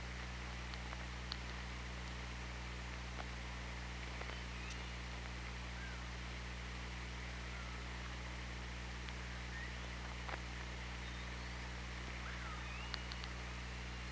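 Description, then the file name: Killer whale calls underwater: several short curving, sliding tones scattered through, amid constant hiss, low hum and sharp clicks. Hydrophone at OrcaLab, 24 August 2017 at about 16:05. "Orca Lab UTLN JASON 20170824 160544"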